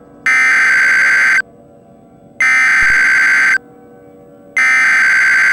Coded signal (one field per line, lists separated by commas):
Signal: Emergency Alert System (SAME) tones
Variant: header bursts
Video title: LATE NIGHT FURY - A Tornado EAS Mock